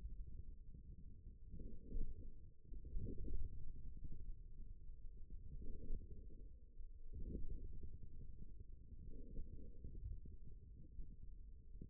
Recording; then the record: forearm muscle sounds (acoustic myography)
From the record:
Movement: forearm supination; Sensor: system 1, eight BSWA MPA416 microphones around the upper forearm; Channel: 7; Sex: male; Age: 41 years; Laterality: right